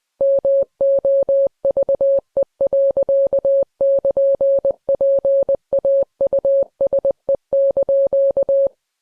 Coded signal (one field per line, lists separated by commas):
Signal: Morse code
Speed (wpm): 20 wpm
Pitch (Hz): 550 Hz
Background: none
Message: MOVE.<KN>PAUSE)